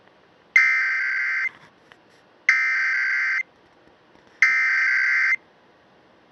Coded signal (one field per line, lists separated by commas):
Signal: Emergency Alert System (SAME) tones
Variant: header bursts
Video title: SPRINGTIME TESTING... EAS Tests from 3/5/24 - 3/17/23 (EAS #3,757 - 3,790)